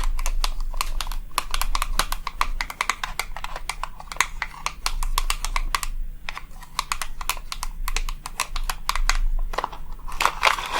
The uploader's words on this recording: ASMR Relaxing Tapping for the BEST Sleep & Tingles long nails + no talking.